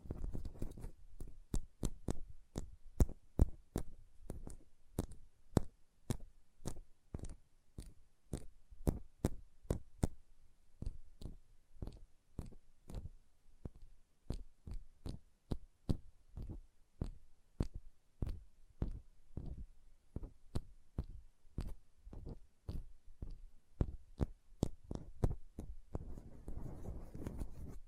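Fingernails tap in a steady, quick rhythm of sharp clicks, about two per second, with a soft rubbing swish building near the end.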